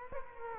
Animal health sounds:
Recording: mosquito wingbeat signal from an infrared sensor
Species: Culex quinquefasciatus

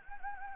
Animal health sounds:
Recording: mosquito wingbeat signal from an infrared sensor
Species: Anopheles gambiae

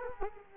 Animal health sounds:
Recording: mosquito wingbeat signal from an infrared sensor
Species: Culex quinquefasciatus

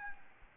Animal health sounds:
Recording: mosquito wingbeat signal from an infrared sensor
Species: Aedes albopictus

